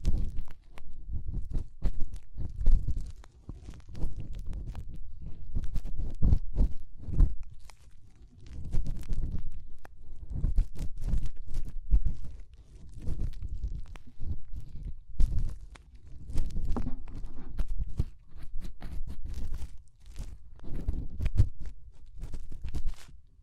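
Fingers rub and press in an ear canal, producing dull, muffled low rumbling with scratchy crackles. The sound comes in uneven bursts of a second or two, with frequent sharp clicks and pops scattered throughout and brief quieter gaps between strokes.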